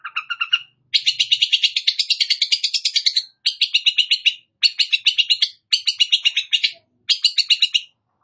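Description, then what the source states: Long-tailed shrike song: a few whistled notes, then long, rapid, buzzy chattering trills broken by brief gaps. Called cendet; described as gacor, singing actively.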